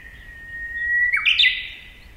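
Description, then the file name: Japanese bush warbler song: a long, level whistled note that breaks into a brief, explosive flourish, with quiet background hiss. Recorded on 10 April 2016. "uguisu 2016 4 10"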